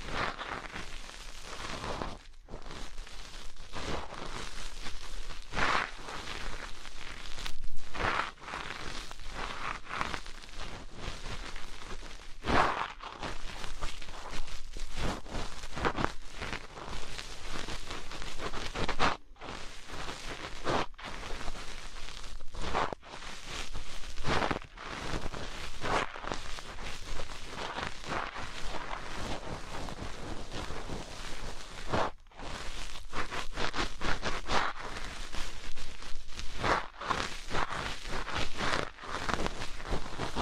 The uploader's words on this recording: ASMR Earpicks and cotton balls that grab the eardrum with tweezers.